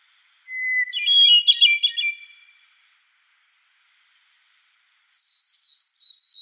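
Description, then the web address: Hermit thrush song: a pure whistled introductory note then a tumbling series of flute-like spiralling notes, followed after a pause by another high, thin phrase. "Schulze Peter Hermit Thrush"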